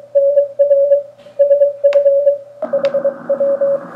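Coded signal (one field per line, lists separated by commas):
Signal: Morse code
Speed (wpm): 23 wpm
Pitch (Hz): 560 Hz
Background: radio noise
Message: NR SF HW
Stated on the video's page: Heard on an mcHF QRP SDR transceiver.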